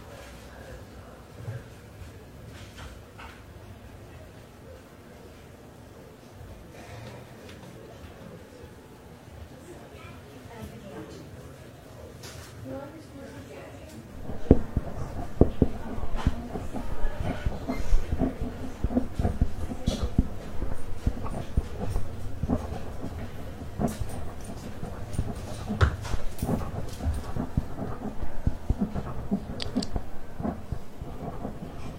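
Library ambience with quiet rustling for the first fourteen seconds, then busier, louder activity with frequent clicks, taps and shuffling, like typing and pages turning.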